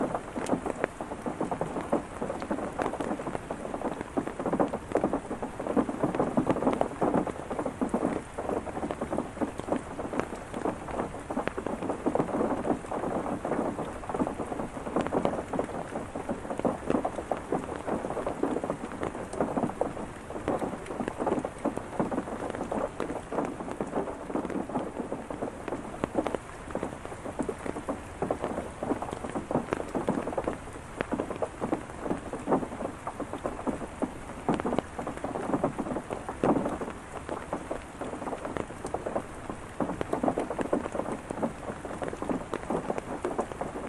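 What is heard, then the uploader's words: Mild rain falls steadily on leaves and a surface, a dense patter of drops with no pauses. The sound sits mostly in the low and middle range, soft and muffled, with frequent brief taps standing out throughout. Mild Rain From Under The Stairs & Rain on Leaves.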